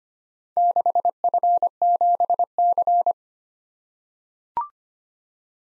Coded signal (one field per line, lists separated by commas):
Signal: Morse code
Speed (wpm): 25 wpm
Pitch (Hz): 700 Hz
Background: none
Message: 6F7C